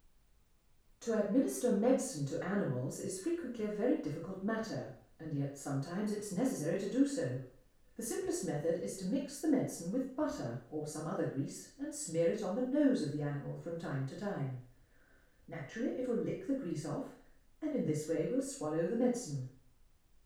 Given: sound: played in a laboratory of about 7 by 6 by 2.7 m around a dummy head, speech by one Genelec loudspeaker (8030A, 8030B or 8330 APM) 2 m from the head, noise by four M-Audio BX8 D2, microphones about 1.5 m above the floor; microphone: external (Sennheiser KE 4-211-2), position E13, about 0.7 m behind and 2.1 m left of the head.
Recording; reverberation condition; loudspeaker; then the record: female speech in English; medium; behind (180 degrees)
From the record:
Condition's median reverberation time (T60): about 510 ms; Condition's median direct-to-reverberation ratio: about -0.5 dB